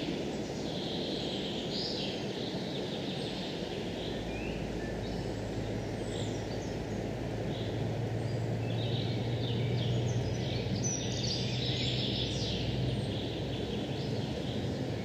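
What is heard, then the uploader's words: Wind rushes steadily through forest leaves in a dense low roar while birds sing brief chirps and trills throughout, with a faint hum. It was pretty windy in the forest today.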